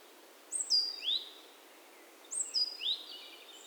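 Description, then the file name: Great tit calls: two groups of three high, thin notes, the last one rising, a little under two seconds apart. "Parus major"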